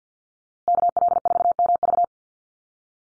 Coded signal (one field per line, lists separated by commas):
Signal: Morse code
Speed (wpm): 50 wpm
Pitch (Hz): 700 Hz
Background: none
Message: KL4MV